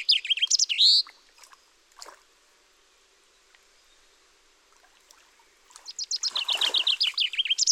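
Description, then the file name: Common chaffinch song: a phrase ends in its flourish, a few seconds of near quiet with faint clicks, then another phrase of descending trilled notes begins amid a soft rustle. "Fringilla coelebs"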